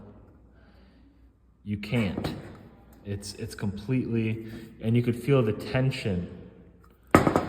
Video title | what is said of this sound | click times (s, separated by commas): Roast Curves Decoded: What Your Profile Is Really Saying | of gas pushing this lid upwards to where it doesn't click down. | none